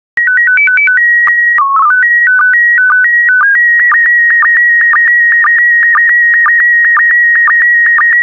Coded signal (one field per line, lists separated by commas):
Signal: SSTV (slow-scan television)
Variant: PD 120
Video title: 163075 Nesting Birds SSTV PD120